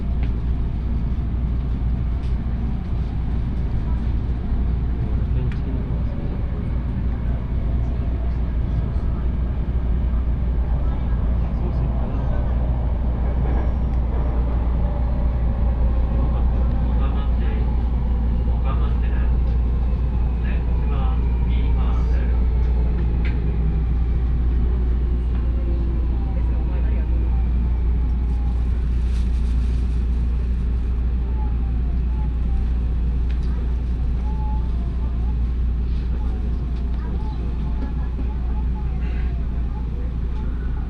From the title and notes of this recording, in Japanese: 鉄道旅 大物→梅田→蛍池→大阪空港。蛍池で大阪モノレールに乗り換えて１駅先の大阪空港へと向かいます。